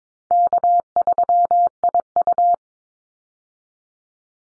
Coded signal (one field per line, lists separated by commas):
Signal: Morse code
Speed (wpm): 22 wpm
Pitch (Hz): 700 Hz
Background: none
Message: K3IU